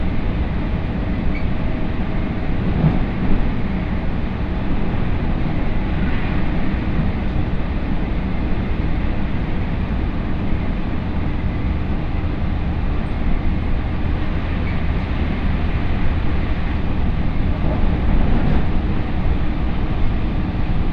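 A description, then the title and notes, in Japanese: A Tokaido Line local train runs between Gifu and Nagoya, its steady low rumble and rhythmic rattle filling the whole clip at an even level. Faint brighter squeals and clanks surface now and then, around three, fifteen and eighteen seconds. 東海道本線各駅停車 岐阜→名古屋。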